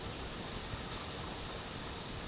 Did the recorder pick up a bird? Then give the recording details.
no. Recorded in dense forest near Puerto Asís, Putumayo, Colombia, on 12 March 2025 at 11:30. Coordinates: 0.467, -76.328. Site G041